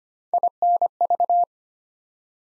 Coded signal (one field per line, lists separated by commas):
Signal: Morse code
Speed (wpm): 25 wpm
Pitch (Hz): 700 Hz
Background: none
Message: INV